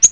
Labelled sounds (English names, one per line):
Yellow-rumped Warbler flight call